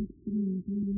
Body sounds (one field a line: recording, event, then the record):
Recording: neck accelerometer signal played as sound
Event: no cough (speech, laughter, throat clearing or background)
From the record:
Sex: female